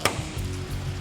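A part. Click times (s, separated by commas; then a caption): 0.1 s. The release tabs on the rear of the side mount of a half polycarbonate windshield on a Cat utility vehicle are pressed to free it from the ROPS clip. A sharp click sounds at 0.1 s over a steady low hum. The windshield's side mount releases, and the windshield is free.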